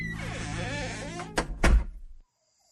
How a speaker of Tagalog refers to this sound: Kaya dali-dali akong pumasok sa loob ng kubo ni Lola Luwalhati bago ko isinara ng mabilis ang pintuan.